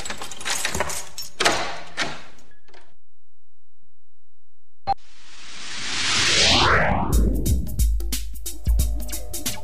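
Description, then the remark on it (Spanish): A bright, metallic jangle of keys rattles in quick bursts for about two seconds, then silence falls, broken by a single click before a sweeping whoosh rises into music. “Te damos las llaves para que abras las puertas de Solo se trata de vivir.”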